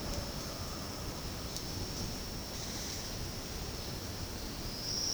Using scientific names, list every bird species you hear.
none